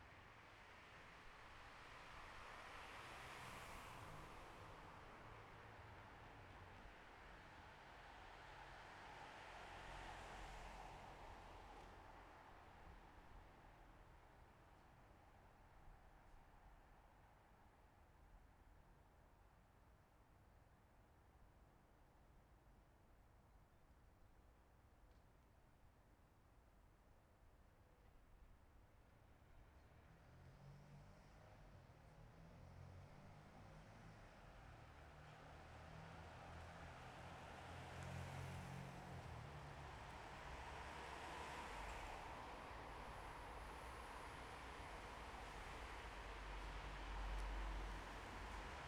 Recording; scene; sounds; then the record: everyday scene through a hearing-aid microphone; in traffic; traffic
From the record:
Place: bus stop on a city main road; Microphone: behind the ear, left, front